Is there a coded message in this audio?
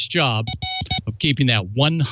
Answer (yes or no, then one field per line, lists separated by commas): no